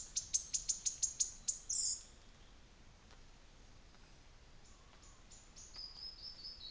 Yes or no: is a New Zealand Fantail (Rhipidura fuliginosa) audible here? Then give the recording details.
no. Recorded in New Zealand on 24 December 2018. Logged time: 10:15